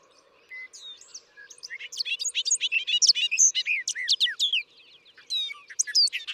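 Bobolink song, a rapid bubbling jumble of tinkling, metallic notes that starts after a brief pause, tumbles on for about three seconds, then resumes near the end.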